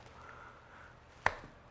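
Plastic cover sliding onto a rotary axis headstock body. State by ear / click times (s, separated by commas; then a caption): seated / 1.3 s. A plastic cover is slid onto the headstock body of a Vortex rotary axis, with its alignment hole lined up with the screw head on top of the headstock body. After a faint, quiet hum, a single sharp click at 1.3 s marks the cover snapping home, followed by a softer tick. The cover is seated.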